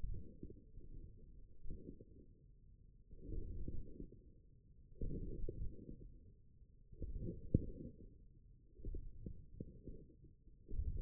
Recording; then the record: forearm muscle sounds (acoustic myography)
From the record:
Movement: forearm supination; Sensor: system 1, eight BSWA MPA416 microphones around the upper forearm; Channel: 5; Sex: male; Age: 20 years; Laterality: left